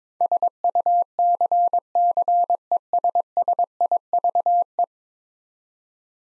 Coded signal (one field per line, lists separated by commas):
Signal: Morse code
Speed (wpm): 22 wpm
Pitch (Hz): 700 Hz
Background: none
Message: SUCCESSIVE